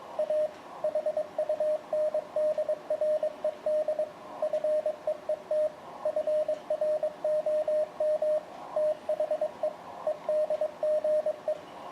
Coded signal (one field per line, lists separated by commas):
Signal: Morse code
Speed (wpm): 24 wpm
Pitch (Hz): 610 Hz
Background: radio noise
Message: A HUNDRED FEET FROM THE EDGE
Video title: Code Practice Oscillator; Aka: The Three Arduinos